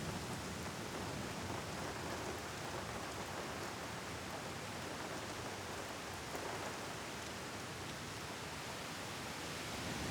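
Light rain falls in a steady, even wash of dense hiss that holds at the same level for the whole stretch. Fine crackly patter of drops sits within the hiss, with no pauses or separate events standing out.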